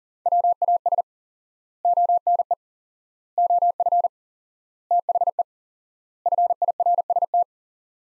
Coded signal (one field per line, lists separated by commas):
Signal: Morse code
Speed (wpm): 40 wpm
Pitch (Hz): 700 Hz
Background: none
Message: WAS ONE OF THE FIRST